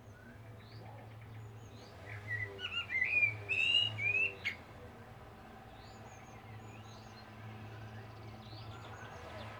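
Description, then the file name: Common blackbird song: one mellow, warbling whistled phrase in the middle with a sharp high flourish, over a constant low hum. "Turdus merula"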